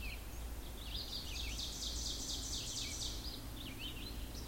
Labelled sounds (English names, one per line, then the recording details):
Ovenbird song
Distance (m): 55 m
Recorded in boreal forest in Alberta, Canada, on 16 June 2016 at 06:00
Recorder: SongMeter 3, array SBT-3-32
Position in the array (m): 89 m, 24 m
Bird 36